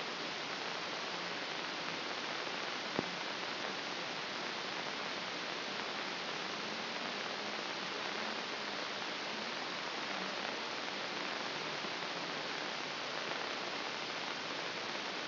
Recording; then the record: brain microelectrode recording played as sound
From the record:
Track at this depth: inside the subthalamic nucleus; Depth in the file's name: 2.534 mm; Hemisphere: left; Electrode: 2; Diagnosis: Parkinson's disease